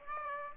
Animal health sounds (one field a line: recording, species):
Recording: mosquito wingbeat signal from an infrared sensor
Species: Aedes aegypti